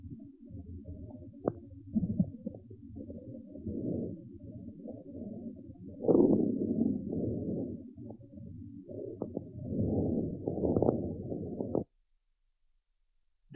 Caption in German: Bei gesunden, erwachsenen Pferden ist das nur inspiratorisch hörbare, leise, vesikuläre Atemgeräusch oft von Stör- oder Darmgeräuschen überlagert und bei flacher Atmung kaum hörbar.